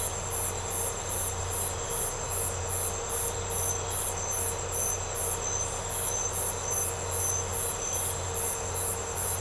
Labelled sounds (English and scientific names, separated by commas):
none